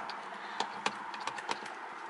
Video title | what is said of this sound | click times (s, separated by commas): HOW TO WRAP STEERING WHEEL TRIM! (DIY)(BMW E90,E91,E92,E93) | right, so now it's just like floating like this, and then just go ahead and push it till it clicks. | 0.6 s, 0.9 s, 1.5 s